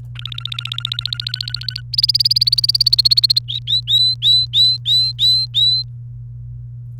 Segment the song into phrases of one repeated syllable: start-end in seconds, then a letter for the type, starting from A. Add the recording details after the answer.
0.16-1.81 A, 1.93-3.39 B, 3.48-5.83 C. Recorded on 28 April 2018 at 17:50. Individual llb3